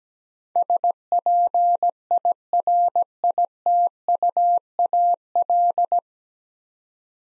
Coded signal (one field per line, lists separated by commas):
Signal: Morse code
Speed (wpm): 17 wpm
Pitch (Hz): 700 Hz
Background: none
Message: SPIRITUAL